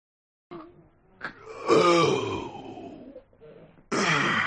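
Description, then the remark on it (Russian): A loud, drawn-out yawn: a breathy intake swells into a strong voiced groan that slides downward in pitch, then trails off before a rush of noisy breath. “Мощный зевок и урчание живота сбросили с меня дрему.”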